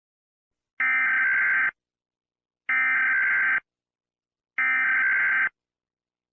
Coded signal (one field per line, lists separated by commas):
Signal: Emergency Alert System (SAME) tones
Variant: header bursts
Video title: Distressing EAS scenario FIG-k29